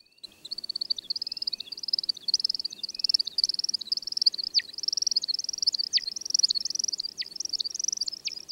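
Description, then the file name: Woodcock producing a continuous high twittering chirp series with rapid pulses and occasional sharp downward-sweeping notes, steady throughout against a quiet background. "2000-04-03 Woodcock"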